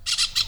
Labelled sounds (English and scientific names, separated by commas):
Brown-throated Parakeet (Eupsittula pertinax) contact call